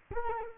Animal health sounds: mosquito wingbeat signal from an infrared sensor; Culex quinquefasciatus

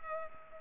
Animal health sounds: mosquito wingbeat signal from an infrared sensor; Culex pipiens

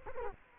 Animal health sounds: mosquito wingbeat signal from an infrared sensor; Culex quinquefasciatus

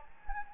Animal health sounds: mosquito wingbeat signal from an infrared sensor; Anopheles gambiae

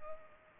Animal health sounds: mosquito wingbeat signal from an infrared sensor; Culex pipiens

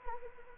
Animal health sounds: mosquito wingbeat signal from an infrared sensor; Anopheles arabiensis

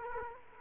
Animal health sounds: mosquito wingbeat signal from an infrared sensor; Culex quinquefasciatus

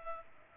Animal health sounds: mosquito wingbeat signal from an infrared sensor; Culex pipiens

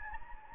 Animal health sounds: mosquito wingbeat signal from an infrared sensor; Anopheles gambiae

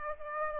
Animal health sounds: mosquito wingbeat signal from an infrared sensor; Aedes aegypti

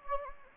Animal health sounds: mosquito wingbeat signal from an infrared sensor; Anopheles gambiae

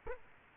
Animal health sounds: mosquito wingbeat signal from an infrared sensor; Culex quinquefasciatus

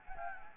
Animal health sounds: mosquito wingbeat signal from an infrared sensor; Anopheles gambiae

